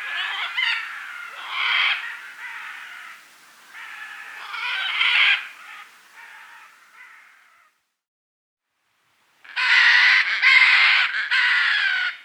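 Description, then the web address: Red-and-green macaw giving a run of uneven harsh squawks, then a pause, then a loud grating burst of several rapid screeches. South America. "Natures Songs S America Red-and-green Macaw"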